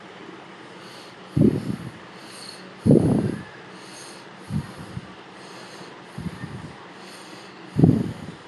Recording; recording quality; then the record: shallow breathing; excellent, no background noise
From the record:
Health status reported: healthy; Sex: male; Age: 42 years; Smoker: yes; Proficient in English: yes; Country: India